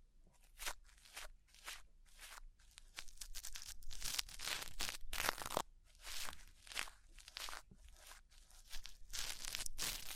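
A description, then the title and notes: An ASMR ear cleaning session made of crisp, crunchy scratching and rustling strokes. The strokes come in quick irregular bursts, bright and crackly, bunching densely between about three and six seconds and again near the end, with brief quieter gaps between them. ASMR Deep Ear Cleaning Session.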